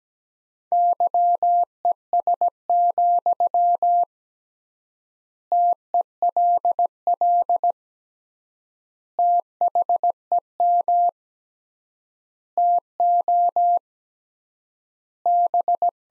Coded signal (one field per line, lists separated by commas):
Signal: Morse code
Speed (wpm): 17 wpm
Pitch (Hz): 700 Hz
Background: none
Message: YES, TELL THEM TO B